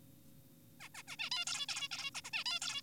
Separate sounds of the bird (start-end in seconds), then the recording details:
0.80-0.88, 0.95-1.03, 1.08-1.16, 1.19-1.30, 1.32-1.45, 1.47-1.66, 1.69-1.88, 1.92-2.10, 2.15-2.22, 2.24-2.30, 2.33-2.44, 2.46-2.60, 2.62-2.82. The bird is an adult. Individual g4p5U